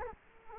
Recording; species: mosquito wingbeat signal from an infrared sensor; Culex quinquefasciatus